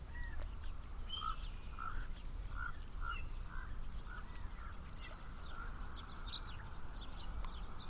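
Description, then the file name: Common raven giving a series of short, hoarse croaks at irregular intervals, with steady low road noise behind. Ravens at Elizabeth Lake, with passing cars audible. "Elizabeth Lake 1 Ravens And Cars"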